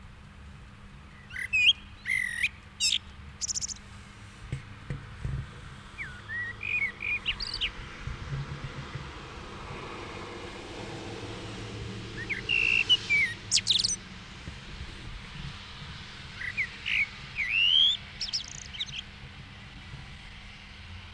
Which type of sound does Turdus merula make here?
song